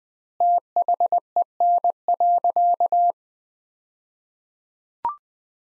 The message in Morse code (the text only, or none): THEN.